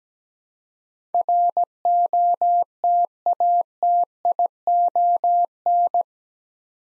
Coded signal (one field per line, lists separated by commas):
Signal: Morse code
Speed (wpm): 17 wpm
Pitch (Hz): 700 Hz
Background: none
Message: ROTATION